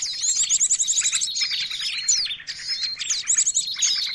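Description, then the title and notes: Birds chirping busily, with rapid high trills and sharp, overlapping chirps that barely pause, all in a dense, continuous chorus. Noisy birds, used as a lure for catching birds. "Master Burung Ribut Durasi Panjang. Burung Ribut Pikat"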